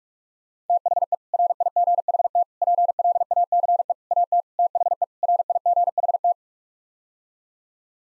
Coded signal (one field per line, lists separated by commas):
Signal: Morse code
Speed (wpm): 42 wpm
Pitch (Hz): 700 Hz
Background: none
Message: THE RIGHT PLACE AT THE RIGHT